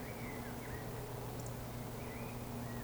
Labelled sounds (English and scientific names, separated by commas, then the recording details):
Eurasian Woodcock (Scolopax rusticola) whistle
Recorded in Baden-Württemberg, Germany, on 15 June 2020 at 19:20 UTC
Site 14569, 102 m above sea level